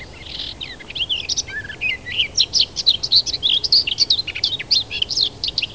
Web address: zabugin Sylvia-borin